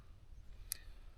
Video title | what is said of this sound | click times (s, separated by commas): Learning to Operate a Chainsaw Formal Lessons | It's on It's on a spring and then you lift it and it locks in place. | 0.7 s